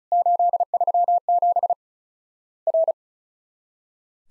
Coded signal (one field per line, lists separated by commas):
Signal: Morse code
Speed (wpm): 34 wpm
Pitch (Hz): 700 Hz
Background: none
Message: 837 R